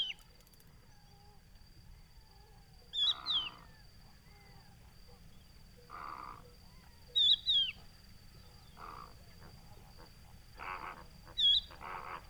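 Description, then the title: Crested lark giving a plaintive whistled call three times, about four seconds apart, with several short noise bursts and scattered soft bird calls between. Adult calling to its fellows with a plaintive whistled call, hidden in Camargue salt marsh, Etang du Vaccarès, 5 September 2020, about an hour after sunrise; distant gunshots; Nagra Seven, Telinga Pro7. "COCHEVIS DU VACCARES"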